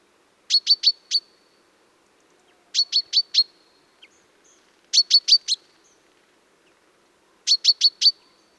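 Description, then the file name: Common chaffinch giving groups of four bright, clipped high notes, each burst spaced roughly two to three seconds apart, with a faint extra chip between. "Fringilla coelebs"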